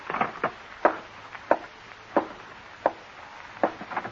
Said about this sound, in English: Oh, someone at the door.